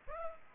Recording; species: mosquito wingbeat signal from an infrared sensor; Culex pipiens